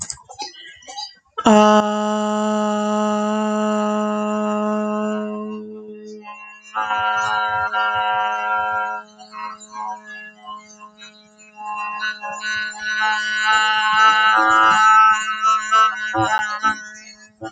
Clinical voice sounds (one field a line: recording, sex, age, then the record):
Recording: vowel held as long as possible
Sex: female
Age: 30 to 39 years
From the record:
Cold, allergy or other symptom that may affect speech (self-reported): no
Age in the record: 30 years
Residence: California, United States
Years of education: 13